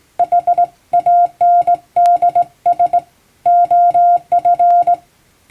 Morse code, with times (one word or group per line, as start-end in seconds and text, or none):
0.2-3.0 HANDS
3.5-4.9 OF